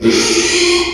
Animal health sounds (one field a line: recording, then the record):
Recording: squeal of a Yucatan mini pig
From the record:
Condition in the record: after surgery on the right vocal fold (resection and tissue-engineered implant)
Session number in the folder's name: 2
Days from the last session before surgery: 13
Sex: male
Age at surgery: 12 weeks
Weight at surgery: 13 kg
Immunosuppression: cyclosporine, prednisolone